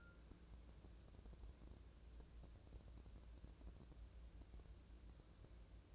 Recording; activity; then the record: daily activity, microphone in the room; wipe stove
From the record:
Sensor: 2